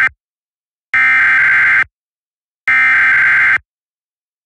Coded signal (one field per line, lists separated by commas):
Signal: Emergency Alert System (SAME) tones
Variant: header bursts